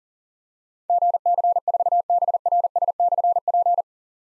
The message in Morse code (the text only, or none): GC4BRS/P